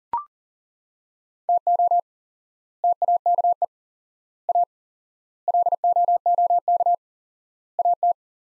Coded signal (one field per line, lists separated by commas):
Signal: Morse code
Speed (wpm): 40 wpm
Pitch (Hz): 700 Hz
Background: none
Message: TO TAKE A LOOK AT